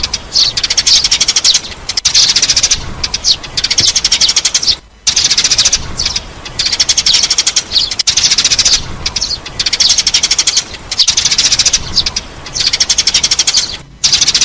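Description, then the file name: Sparrow chirping steadily in long runs of rapid, shrill notes, interrupted by a few short silences. "Tieng se"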